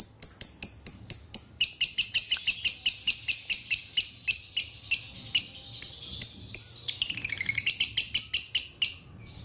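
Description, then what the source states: Lovebird song of sharp spaced chirps building into fast shrill chattering, with a brief tangled trill toward the end. Konslet song style, used as a masteran training recording.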